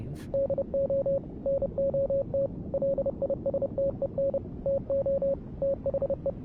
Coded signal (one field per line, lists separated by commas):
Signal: Morse code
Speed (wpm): 30 wpm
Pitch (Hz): 550 Hz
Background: radio noise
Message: DO NOT LISTEN TO THE